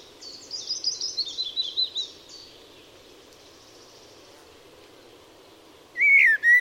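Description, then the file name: Eurasian blackbird giving a run of high thin twittering notes, a few seconds of quiet, then two loud clear notes at the end. "Turdus merula"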